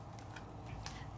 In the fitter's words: little heating element just let's write in done it just clicks right in and my